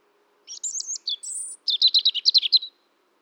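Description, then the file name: European robin phrase: high warbling notes with a drawn-out thin whistle, then a quick string of sharp, rhythmic trilled notes; otherwise silent. "Erithacus rubecula"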